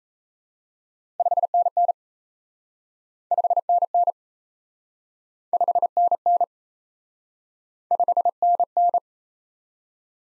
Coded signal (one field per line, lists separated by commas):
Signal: Morse code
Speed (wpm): 37 wpm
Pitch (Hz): 700 Hz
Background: none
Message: 5NN 5NN 5NN 5NN